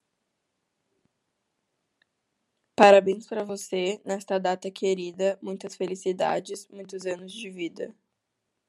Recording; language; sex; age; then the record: short text; Brazilian Portuguese; female; 18 to 19 years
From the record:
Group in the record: control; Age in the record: 18 years